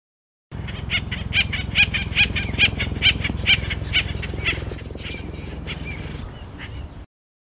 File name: burung pelatuk acorn call song omkicau